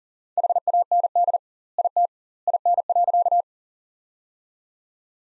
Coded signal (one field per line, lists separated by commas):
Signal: Morse code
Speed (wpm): 40 wpm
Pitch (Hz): 700 Hz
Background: none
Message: HAND IT IN.